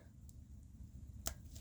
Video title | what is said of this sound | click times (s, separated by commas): 2018 Subaru STi Brembo Brake Caliper Rebuild | There you go. And you heard it snap into place. | 1.3 s